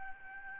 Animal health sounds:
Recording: mosquito wingbeat signal from an infrared sensor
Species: Aedes albopictus

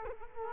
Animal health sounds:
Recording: mosquito wingbeat signal from an infrared sensor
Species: Culex quinquefasciatus

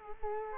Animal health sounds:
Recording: mosquito wingbeat signal from an infrared sensor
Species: Culex quinquefasciatus

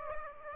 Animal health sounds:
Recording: mosquito wingbeat signal from an infrared sensor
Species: Aedes aegypti

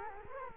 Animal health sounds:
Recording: mosquito wingbeat signal from an infrared sensor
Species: Culex quinquefasciatus

